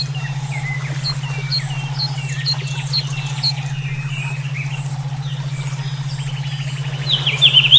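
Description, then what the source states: Songbirds chirping in a busy chorus of short whistled notes and trills, a buzzy rising trill near the end, over a steady low droning hum throughout. Brainwave therapy track made for songbird song training (omkicau).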